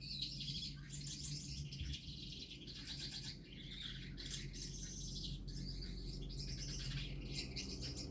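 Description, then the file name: Gouldian finch giving high, scratchy, buzzing song phrases almost without pause, above a loud steady low drone. Male singing. "samec amadiny gulda poyot"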